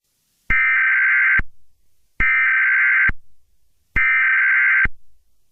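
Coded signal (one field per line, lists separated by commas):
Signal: Emergency Alert System (SAME) tones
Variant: header bursts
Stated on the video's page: Fictional EAS scenario, simulated.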